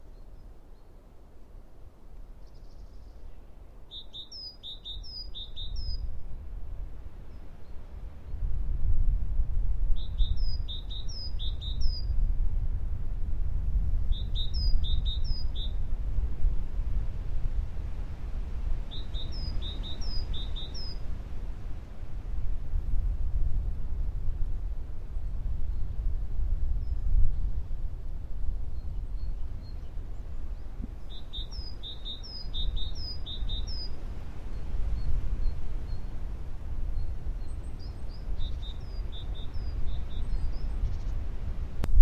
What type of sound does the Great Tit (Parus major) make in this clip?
song